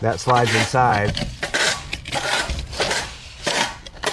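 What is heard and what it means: Corrugated plastic drain pipe is handled at a corrugated-to-PVC adapter on a channel drain while someone talks, with rubbing, scraping plastic sounds and a few short knocks. The pipe has not snapped into the adapter yet; nothing has seated.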